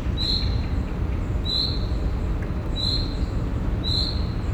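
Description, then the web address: Field cricket calling with four high trilled chirps spaced about a second apart, over steady low-pitched traffic noise. At a zoo in Szeged, Hungary, in 2011, in the evening, with distant traffic noise. "allathangok szegedizoo 2011 mezeitucsok tucsok estavoliforgalomzaj"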